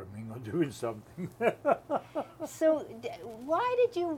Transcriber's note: laughs